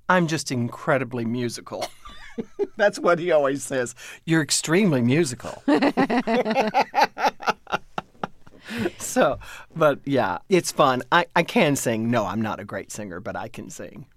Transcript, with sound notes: I'm just incredibly musical.
(SOUNDBITE OF LAUGHTER)
That's what he always says: You're extremely musical.
(SOUNDBITE OF LAUGHTER)
So - but, yeah, it's fun. I can sing. No, I'm not a great singer, but I can sing.